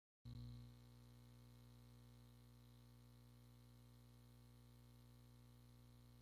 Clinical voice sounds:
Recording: short text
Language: Brazilian Portuguese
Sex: male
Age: 30 to 39 years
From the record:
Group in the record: control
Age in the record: 32 years

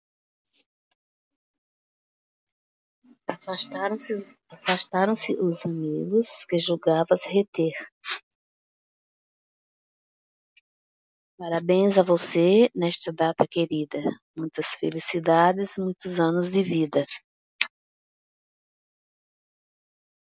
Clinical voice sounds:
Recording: short text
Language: Brazilian Portuguese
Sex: female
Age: 60 to 69 years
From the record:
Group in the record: control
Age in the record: 63 years

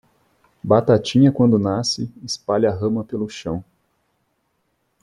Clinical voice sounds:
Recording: short text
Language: Brazilian Portuguese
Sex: male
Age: 20 to 29 years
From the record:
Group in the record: control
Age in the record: 27 years

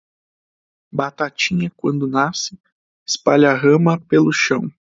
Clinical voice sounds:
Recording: short text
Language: Brazilian Portuguese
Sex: male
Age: 18 to 19 years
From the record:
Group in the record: control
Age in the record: 18 years

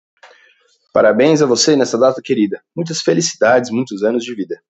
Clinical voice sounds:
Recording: short text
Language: Brazilian Portuguese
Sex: male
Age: 20 to 29 years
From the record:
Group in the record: control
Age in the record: 27 years

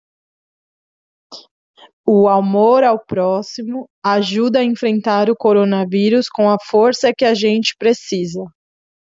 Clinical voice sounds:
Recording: spoken sentence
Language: Brazilian Portuguese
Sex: female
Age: 30 to 39 years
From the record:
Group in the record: control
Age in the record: 30 years

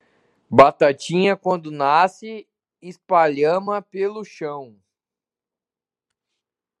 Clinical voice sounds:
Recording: short text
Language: Brazilian Portuguese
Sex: male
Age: 20 to 29 years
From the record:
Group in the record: control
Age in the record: 27 years

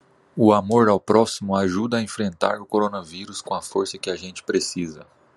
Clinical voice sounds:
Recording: spoken sentence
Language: Brazilian Portuguese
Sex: male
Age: 30 to 39 years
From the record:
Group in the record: control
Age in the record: 36 years

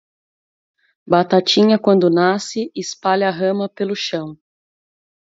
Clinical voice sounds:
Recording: short text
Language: Brazilian Portuguese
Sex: female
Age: 30 to 39 years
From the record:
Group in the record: control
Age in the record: 37 years

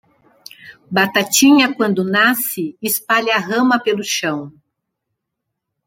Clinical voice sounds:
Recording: short text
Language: Brazilian Portuguese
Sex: female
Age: 60 to 69 years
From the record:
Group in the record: control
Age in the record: 68 years

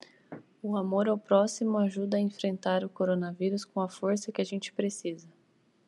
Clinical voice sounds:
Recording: spoken sentence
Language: Brazilian Portuguese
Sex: female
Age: 20 to 29 years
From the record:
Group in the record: control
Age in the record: 29 years

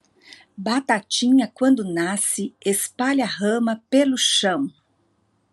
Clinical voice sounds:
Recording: short text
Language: Brazilian Portuguese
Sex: female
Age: 40 to 49 years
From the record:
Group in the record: control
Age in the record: 46 years

